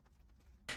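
A thin flathead screwdriver is pressed into the left-side hole under the steering wheel of a 2023 Tesla Model Y/3 to release the spring clip that holds the airbag module. After quiet low background noise, a single sharp click sounds at 0.7 s as the airbag module retaining clip releases.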